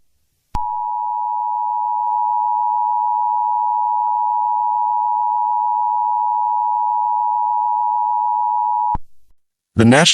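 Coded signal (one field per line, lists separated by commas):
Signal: Emergency Alert System (SAME) tones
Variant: 853 and 960 Hz attention tone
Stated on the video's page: Fictional EAS scenario, a simulated alert rather than a real broadcast.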